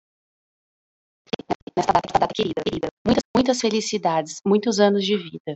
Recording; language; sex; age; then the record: short text; Brazilian Portuguese; female; 30 to 39 years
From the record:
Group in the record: control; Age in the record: 39 years